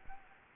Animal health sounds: mosquito wingbeat signal from an infrared sensor; Anopheles gambiae

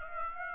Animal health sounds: mosquito wingbeat signal from an infrared sensor; Aedes aegypti

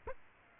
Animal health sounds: mosquito wingbeat signal from an infrared sensor; Aedes aegypti

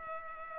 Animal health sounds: mosquito wingbeat signal from an infrared sensor; Culex pipiens

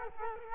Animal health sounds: mosquito wingbeat signal from an infrared sensor; Culex quinquefasciatus

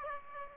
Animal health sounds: mosquito wingbeat signal from an infrared sensor; Aedes aegypti

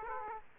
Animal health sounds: mosquito wingbeat signal from an infrared sensor; Aedes aegypti

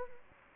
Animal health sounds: mosquito wingbeat signal from an infrared sensor; Anopheles gambiae

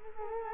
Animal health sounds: mosquito wingbeat signal from an infrared sensor; Culex quinquefasciatus

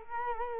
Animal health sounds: mosquito wingbeat signal from an infrared sensor; Culex quinquefasciatus

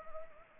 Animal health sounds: mosquito wingbeat signal from an infrared sensor; Anopheles arabiensis

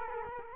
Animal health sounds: mosquito wingbeat signal from an infrared sensor; Culex quinquefasciatus

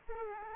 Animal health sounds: mosquito wingbeat signal from an infrared sensor; Aedes aegypti

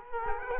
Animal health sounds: mosquito wingbeat signal from an infrared sensor; Culex quinquefasciatus

